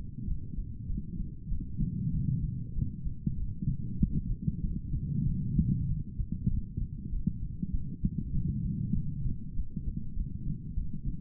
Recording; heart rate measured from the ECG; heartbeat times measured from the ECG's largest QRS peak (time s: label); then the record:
heart sounds by stethoscope; 97 bpm
0.26 s: heartbeat
0.88 s: heartbeat
1.50 s: heartbeat
2.12 s: heartbeat
2.74 s: heartbeat
3.36 s: heartbeat
3.99 s: heartbeat
4.62 s: heartbeat
5.25 s: heartbeat
5.87 s: heartbeat
6.49 s: heartbeat
7.11 s: heartbeat
7.72 s: heartbeat
8.33 s: heartbeat
8.94 s: heartbeat
9.55 s: heartbeat
10.15 s: heartbeat
10.75 s: heartbeat
From the record:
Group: healthy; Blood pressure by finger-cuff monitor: 116/73 mmHg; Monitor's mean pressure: 87 mmHg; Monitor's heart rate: 97 bpm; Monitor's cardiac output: 5.9 L/min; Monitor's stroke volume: 61 mL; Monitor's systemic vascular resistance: 1070 dyn s/cm5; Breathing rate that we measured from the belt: 18 breaths a minute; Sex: female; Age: 51 years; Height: 162 cm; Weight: 70.04 kg